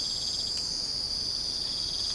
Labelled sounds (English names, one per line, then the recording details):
none
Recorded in secondary vegetation near Puerto Asís, Putumayo, Colombia, on 22 December 2024 at 05:00
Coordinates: 0.499, -76.323
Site G010